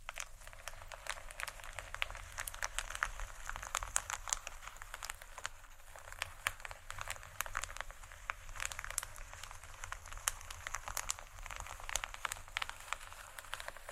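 Dense, irregular tapping and crinkling runs through the whole fourteen seconds, with small sharp clicks arriving many times per second over a soft scratchy bed. A low steady hum sits underneath, and the bright clicks stay fairly even in loudness throughout.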